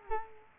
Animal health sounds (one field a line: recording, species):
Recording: mosquito wingbeat signal from an infrared sensor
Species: Culex quinquefasciatus